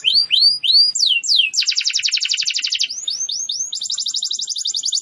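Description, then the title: Canary song, repeated rising whistled notes alternating with fast rolled trills. "Kenari Gacor"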